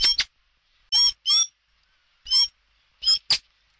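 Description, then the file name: Common blackbird giving a few sharp, squeaky calls, mostly in pairs, with a single note between. "Tieng chim hoet den keu"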